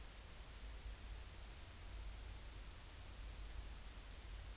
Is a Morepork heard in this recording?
no